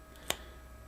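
The battery door latch of a GoPro Hero 9 Black action camera is pressed inward and sideways until it clicks open, releasing the door, which is then opened gently. A single sharp, bright click at 0.3 s rises well above a quiet, steady background hum.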